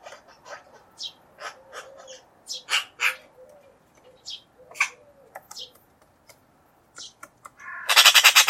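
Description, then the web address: Bird calls, a run of quick sharp chips and ticks at an uneven pace, ending with a loud harsh rasping burst. "Bird Only"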